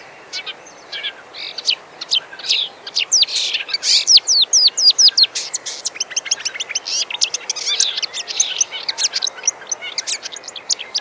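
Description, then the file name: Marsh warbler singing a rapid, varied stream of sharp whistles, buzzes and chattering notes without pause, with a faint hiss of background noise. "kamyshovka bolotnaja"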